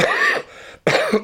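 Two short, harsh coughs from an adult man with a cold, about half a second apart, each with a rough, voiced, somewhat hoarse tone. He has been coughing often. A plain cough with no wheeze or whoop, in a quiet room.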